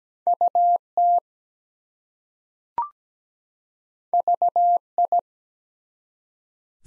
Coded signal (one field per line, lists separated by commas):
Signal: Morse code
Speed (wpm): 17 wpm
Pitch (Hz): 700 Hz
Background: none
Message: UT VI